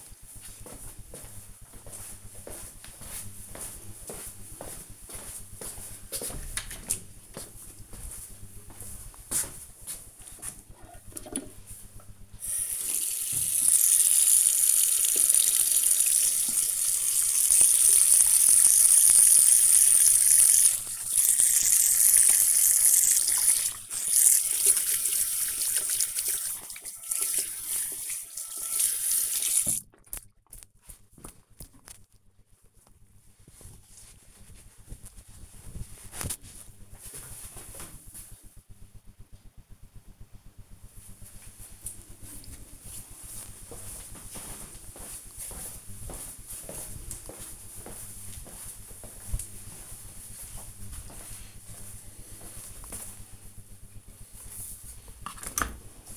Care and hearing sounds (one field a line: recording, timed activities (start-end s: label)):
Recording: household activities, microphone on the right wrist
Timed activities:
9.05-31.20 s: washing hands
52.34-56.17 s: cleaning out the dishwasher